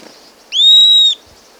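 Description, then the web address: Southern beardless tyrannulet producing one clear, pure high whistle, steady in pitch and about half a second long, in an otherwise quiet setting. Recorded in Ecuador. "Birds of Ecuador 2. Southern Beardless Tyrannulet"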